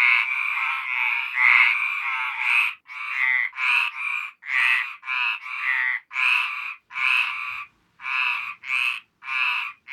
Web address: best service Blue Box animals frogs dry